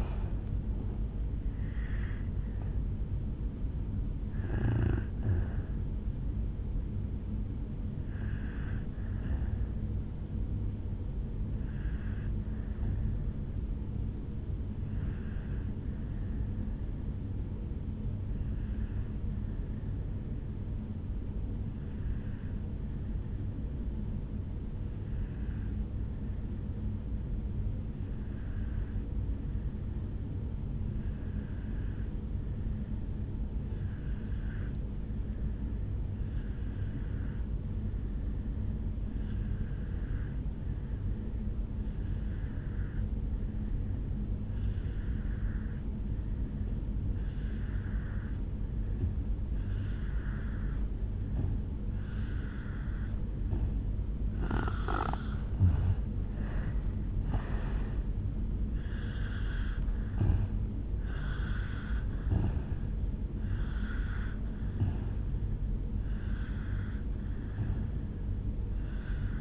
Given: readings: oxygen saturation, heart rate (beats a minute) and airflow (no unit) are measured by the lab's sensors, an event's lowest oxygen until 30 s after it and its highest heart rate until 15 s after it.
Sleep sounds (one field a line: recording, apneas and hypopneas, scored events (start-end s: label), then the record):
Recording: breathing in sleep by a smartphone at the bedside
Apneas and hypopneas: 1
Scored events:
18.00-53.40 s: obstructive apnea (N2, oxygen 98% highest, then 85% lowest, heart rate 58 at the start, 75 highest)
52.00-69.41 s: new sleep stage, N1 (lightest sleep)
From the record:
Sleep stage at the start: N2 (light sleep)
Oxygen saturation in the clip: 80 to 98%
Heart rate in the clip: 53 to 75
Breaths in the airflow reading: 7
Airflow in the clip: -10.1 to 8.2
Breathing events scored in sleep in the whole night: 449 in 7.0 hours asleep